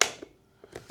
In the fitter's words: So, you hear that nice click and lock.